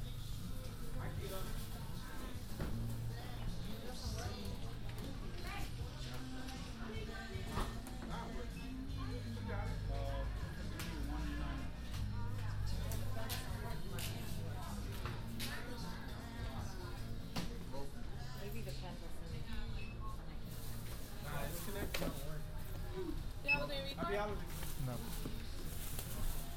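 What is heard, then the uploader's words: A binaural recording on the way home through the city's transit system: a deep, steady rumble of a moving train fills the low end throughout. Voices talk over it, and sharp clicks and rattles break through every few seconds. A binaural field recording, from the Queens Museum to my apartment in Harlem via the MTA.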